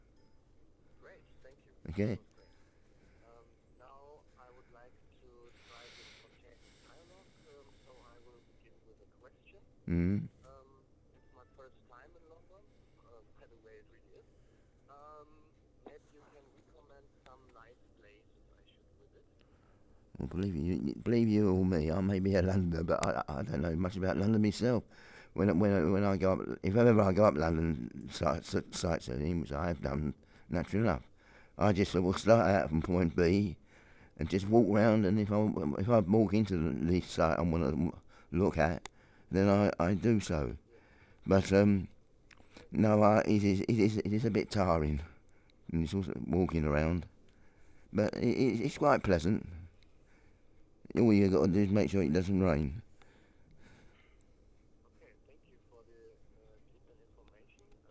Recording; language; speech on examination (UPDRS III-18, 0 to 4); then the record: conversation on a phone call; English; 1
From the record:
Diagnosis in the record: Parkinson's disease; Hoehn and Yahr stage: 4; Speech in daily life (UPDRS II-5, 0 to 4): 1